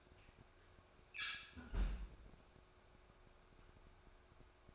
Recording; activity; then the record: daily activity, microphone in the room; close fridge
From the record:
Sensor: 2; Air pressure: 1004.5 hPa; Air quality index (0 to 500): 184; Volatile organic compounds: 10 ppm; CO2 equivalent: 2212 ppm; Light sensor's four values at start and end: 4/11/4/4 and 4/11/4/4